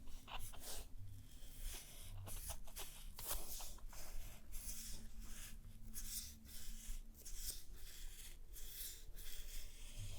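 A therapist works through a stone spa treatment, making brisk rubbing and swishing strokes that come in irregular bursts every second or so, with a few sharper clicks among them. A steady low hum runs underneath the whole time.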